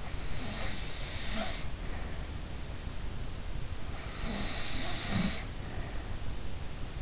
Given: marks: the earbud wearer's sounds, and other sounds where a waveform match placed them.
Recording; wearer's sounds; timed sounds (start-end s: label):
sounds in sleep by an in-ear microphone; snoring breath
0.00-2.40 s: snoring breath
3.88-6.20 s: snoring breath